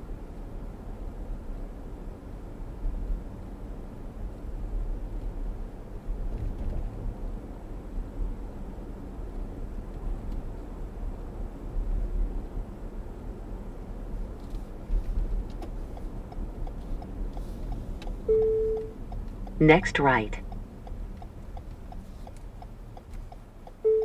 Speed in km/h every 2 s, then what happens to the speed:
37, 37, 39, 40, 42, 42, 40, 39, 34, 26, 18, 8.
0-9 steady at about 39. 9-24 slows to 8.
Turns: none.